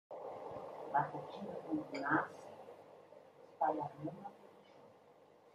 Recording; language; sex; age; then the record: short text; Brazilian Portuguese; female; 40 to 49 years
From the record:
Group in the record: control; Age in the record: 45 years